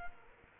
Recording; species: mosquito wingbeat signal from an infrared sensor; Culex quinquefasciatus